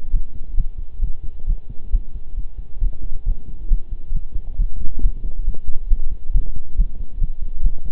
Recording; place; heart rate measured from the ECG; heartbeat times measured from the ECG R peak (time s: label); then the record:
heart sounds by stethoscope; between the tricuspid and mitral areas; 136 bpm
0.13 s: heartbeat
0.57 s: heartbeat
1.02 s: heartbeat
1.47 s: heartbeat
1.93 s: heartbeat
2.37 s: heartbeat
2.81 s: heartbeat
3.26 s: heartbeat
3.71 s: heartbeat
4.14 s: heartbeat
4.59 s: heartbeat
5.03 s: heartbeat
5.47 s: heartbeat
5.90 s: heartbeat
6.34 s: heartbeat
6.78 s: heartbeat
7.21 s: heartbeat
7.64 s: heartbeat
From the record:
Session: pedaling a stationary bicycle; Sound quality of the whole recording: partially saturated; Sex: male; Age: 23 years